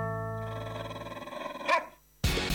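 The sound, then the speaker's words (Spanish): A dog's low, drawn-out growl rumbles for over a second, wavering in pitch, then breaks into a single sharp bark before a brief pause and an abrupt burst of unrelated noise. “Busca el 96.5, mordete la cola y ladra con nosotros.”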